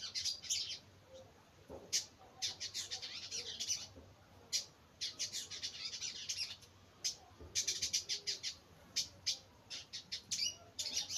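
Bird chirps: dense high twittering bursts in clusters with short gaps, steady throughout.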